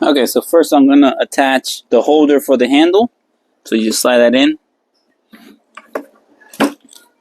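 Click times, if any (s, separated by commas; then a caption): 6.6 s. Someone talks, then slides a plastic handle holder into its slot on the frame of a 4000 PSI 2024-model pressure washer. Faint scraping and small knocks lead up to a sharp click at 6.6 s as the holder is pushed in and seats in the frame.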